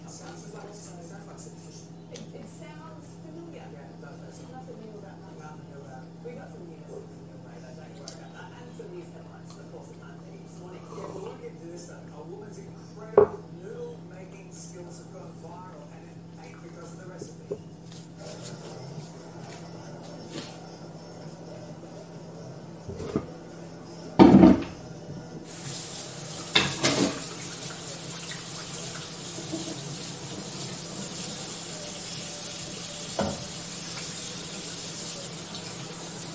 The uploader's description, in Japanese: テレビの音 お湯を沸かす音 パンを焼く音 コーヒーを作る音 食器を洗う音 水を注ぐ音 パンにバターを塗る音 食べる音、飲む音